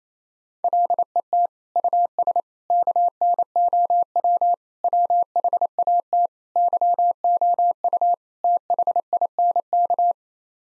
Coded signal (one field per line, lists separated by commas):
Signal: Morse code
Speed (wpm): 28 wpm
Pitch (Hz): 700 Hz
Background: none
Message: LET US KNOW WHAT YOU THINK